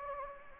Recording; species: mosquito wingbeat signal from an infrared sensor; Anopheles gambiae